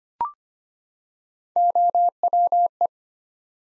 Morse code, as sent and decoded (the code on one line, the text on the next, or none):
--- .-- .
OWE